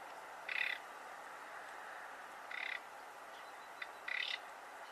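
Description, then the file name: Common nightingale giving short, rasping, croak-like calls, three bursts roughly every one and a half to two seconds over a steady background hiss. "Luscinia megarhynchos"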